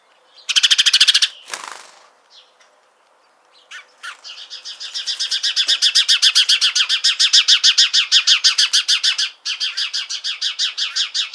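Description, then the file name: House sparrow with a loud harsh burst, then scattered chirps, then a long, steady series of quick repeated notes that swells and continues to the end. "Passer domesticus"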